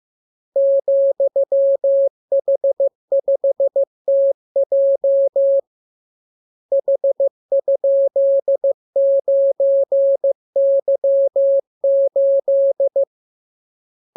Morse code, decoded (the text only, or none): ,H5TJ H?9Y8